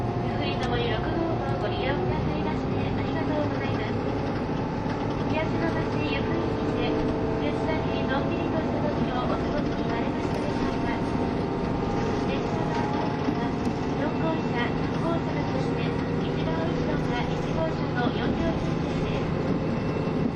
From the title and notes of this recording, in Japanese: キハ72系 ゆふいんの森06号01 由布院～うきは。走行音。